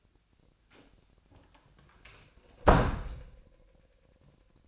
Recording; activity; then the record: daily activity, microphone in the room; close door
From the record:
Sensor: 2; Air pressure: 1007.0 hPa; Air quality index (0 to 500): 193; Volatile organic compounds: 12 ppm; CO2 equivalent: 2366 ppm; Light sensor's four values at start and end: 10/23/10/10 and 10/23/9/10